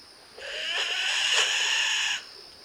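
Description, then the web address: Kagu call, a single harsh, buzzy note about two seconds long with a strong steady tone and a rough hissing edge, over faint background hiss. "sound Kagu. صدای-پرنده-کاگو"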